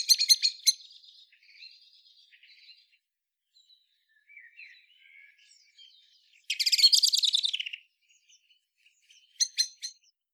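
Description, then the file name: Common blackbird calls: a rapid burst of sharp clicks, then soft, quiet twittering phrases, a loud fast rattling chatter later on, and a final short clicking burst. "Turdus merula"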